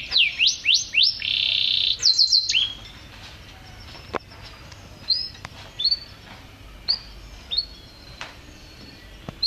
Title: Suara Kenari Gacor Suara Kicau Burung Kenari Gacor Juara 1